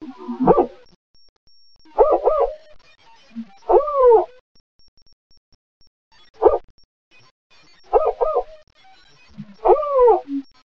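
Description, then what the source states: Spotted owl giving harsh, dog-like barking notes with rising and falling inflections, grouped in bursts roughly every two seconds, with short pauses between series; otherwise quiet. Recorded in northwest California.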